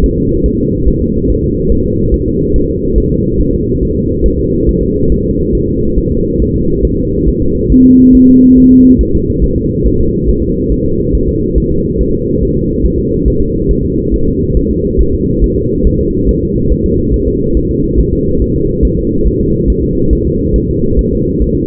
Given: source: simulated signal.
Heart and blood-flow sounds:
fetal heart sounds
0.04 s: S1
0.18 s: S2
0.46 s: S1
0.60 s: S2
0.88 s: S1
1.02 s: S2
1.30 s: S1
1.44 s: S2
1.72 s: S1
1.86 s: S2
2.14 s: S1
2.28 s: S2
2.56 s: S1
2.70 s: S2
2.98 s: S1
3.12 s: S2
3.41 s: S1
3.54 s: S2
3.83 s: S1
3.97 s: S2
4.26 s: S1
4.40 s: S2
4.69 s: S1
4.83 s: S2
5.12 s: S1
5.26 s: S2
5.55 s: S1
5.69 s: S2
5.98 s: S1
6.12 s: S2
6.42 s: S1
6.56 s: S2
6.85 s: S1
6.99 s: S2
7.29 s: S1
7.42 s: S2
7.72 s: S1
7.86 s: S2
8.15 s: S1
8.29 s: S2
8.58 s: S1
8.72 s: S2
9.01 s: S1
9.15 s: S2
9.44 s: S1
9.58 s: S2
9.87 s: S1
10.01 s: S2
10.29 s: S1
10.43 s: S2
10.72 s: S1
10.86 s: S2
11.15 s: S1
11.29 s: S2
11.58 s: S1
11.72 s: S2
12.01 s: S1
12.15 s: S2
12.43 s: S1
12.57 s: S2
12.86 s: S1
12.99 s: S2
13.28 s: S1
13.42 s: S2
13.71 s: S1
13.85 s: S2
14.14 s: S1
14.28 s: S2
14.57 s: S1
14.71 s: S2
15.01 s: S1
15.15 s: S2
15.44 s: S1
15.58 s: S2
15.87 s: S1
16.01 s: S2
16.29 s: S1
16.43 s: S2
16.72 s: S1
16.86 s: S2
17.14 s: S1
17.28 s: S2
17.57 s: S1
17.71 s: S2
18.00 s: S1
18.13 s: S2
18.42 s: S1
18.56 s: S2
18.85 s: S1
18.99 s: S2
19.27 s: S1
19.41 s: S2
19.70 s: S1
19.84 s: S2
20.13 s: S1
20.27 s: S2
20.56 s: S1
20.70 s: S2
20.99 s: S1
21.13 s: S2
21.42 s: S1
21.56 s: S2
From the record:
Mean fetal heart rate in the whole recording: 140 bpm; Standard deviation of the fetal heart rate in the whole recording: 2 bpm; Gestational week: 34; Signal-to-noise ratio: -15.3 dB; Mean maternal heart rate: 72 bpm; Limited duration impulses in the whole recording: present

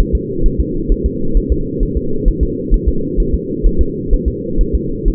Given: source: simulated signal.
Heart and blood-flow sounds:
fetal heart sounds
0.00 s: S1
0.15 s: S2
0.46 s: S1
0.60 s: S2
0.92 s: S1
1.06 s: S2
1.37 s: S1
1.52 s: S2
1.83 s: S1
1.97 s: S2
2.28 s: S1
2.43 s: S2
2.74 s: S1
2.88 s: S2
3.20 s: S1
3.34 s: S2
3.66 s: S1
3.81 s: S2
4.13 s: S1
4.28 s: S2
4.61 s: S1
4.75 s: S2
5.08 s: S1
From the record:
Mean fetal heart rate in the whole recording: 130 bpm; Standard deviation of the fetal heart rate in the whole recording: 2 bpm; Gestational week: 38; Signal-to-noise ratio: -8.1 dB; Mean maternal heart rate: 72 bpm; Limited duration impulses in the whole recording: absent

